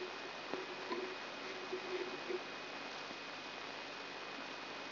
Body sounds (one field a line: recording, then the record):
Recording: brain microelectrode recording played as sound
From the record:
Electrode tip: inside the subthalamic nucleus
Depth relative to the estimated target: 0 mm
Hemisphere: right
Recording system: AlphaMap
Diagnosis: Parkinson's disease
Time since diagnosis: 11 years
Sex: female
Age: 62 years